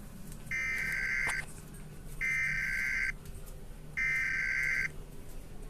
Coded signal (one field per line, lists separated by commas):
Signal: Emergency Alert System (SAME) tones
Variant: header bursts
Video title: EAS SHORT - Do not look at any mirrors!